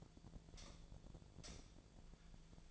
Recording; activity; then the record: daily activity, microphone in the room; light off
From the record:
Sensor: 5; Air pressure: 1009.9 hPa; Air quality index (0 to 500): 159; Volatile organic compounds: 4 ppm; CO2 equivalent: 1545 ppm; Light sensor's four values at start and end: 165/419/175/187 and 164/417/174/186